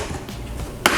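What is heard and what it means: A plastic center support rod is pushed up into the frame of a folding shoe cabinet and snaps into place with a sharp click at 0.9 s, after a low background rustle and a faint tap at 0.3 s. The rod is seated.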